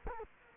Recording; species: mosquito wingbeat signal from an infrared sensor; Culex quinquefasciatus